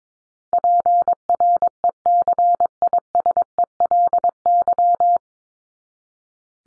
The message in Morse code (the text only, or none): PRECISELY